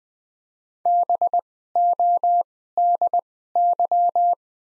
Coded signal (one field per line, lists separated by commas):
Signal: Morse code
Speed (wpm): 20 wpm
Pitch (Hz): 700 Hz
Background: none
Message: BODY